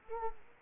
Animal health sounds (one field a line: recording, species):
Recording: mosquito wingbeat signal from an infrared sensor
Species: Anopheles gambiae